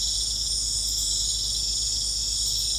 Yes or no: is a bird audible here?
no